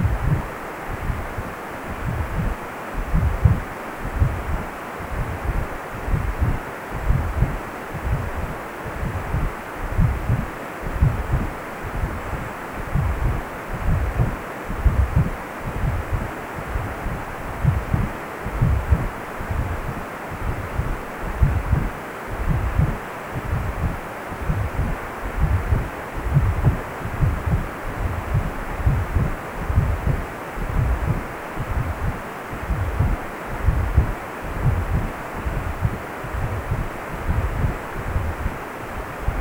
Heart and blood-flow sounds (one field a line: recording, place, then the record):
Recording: Doppler ultrasound of blood flow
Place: precordium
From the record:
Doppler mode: continuous wave and pulsed wave in the uncut recording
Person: healthy adult, 18 to 50 years, no heart murmur, not diving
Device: 2.5 MHz transducer